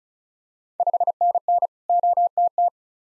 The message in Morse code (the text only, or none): 5NN OTT